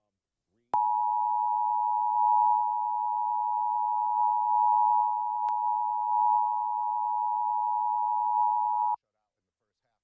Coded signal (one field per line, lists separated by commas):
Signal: Emergency Alert System (SAME) tones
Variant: 853 and 960 Hz attention tone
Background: speech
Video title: Serve Thunderstorm Warning EAS on KBSI DT1 During NFL Football on December 28, 2025